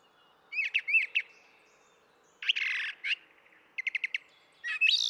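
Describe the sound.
Brown thrasher song: short paired phrases, a rough buzzy burst, then a quick rapid series of clicking notes and a final rising note.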